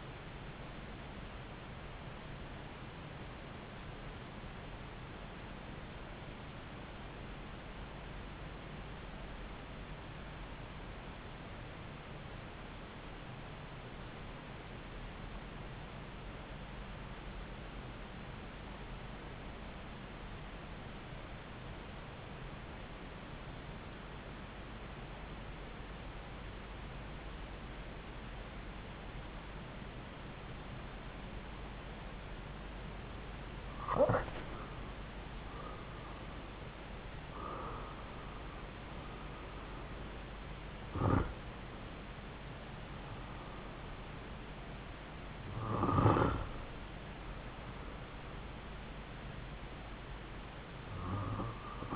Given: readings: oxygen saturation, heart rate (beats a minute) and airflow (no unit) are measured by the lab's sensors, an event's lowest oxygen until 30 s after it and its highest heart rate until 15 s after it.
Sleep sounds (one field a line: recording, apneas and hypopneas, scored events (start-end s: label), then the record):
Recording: breathing in sleep by a voice recorder at the bedside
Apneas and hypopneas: 1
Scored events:
4.00-33.70 s: obstructive apnea (REM, oxygen 95% highest, then 84% lowest)
From the record:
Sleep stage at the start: REM sleep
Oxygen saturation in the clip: 82 to 95%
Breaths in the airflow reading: 4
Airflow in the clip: -8.8 to 7.4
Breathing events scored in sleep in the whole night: 270 in 6.1 hours asleep